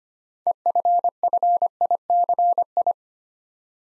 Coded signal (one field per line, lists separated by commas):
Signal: Morse code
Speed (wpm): 25 wpm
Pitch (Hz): 700 Hz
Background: none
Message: EFFICI